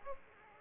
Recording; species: mosquito wingbeat signal from an infrared sensor; Aedes aegypti